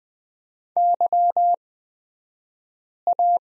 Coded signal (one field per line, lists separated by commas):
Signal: Morse code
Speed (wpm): 20 wpm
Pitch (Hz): 700 Hz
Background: none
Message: YA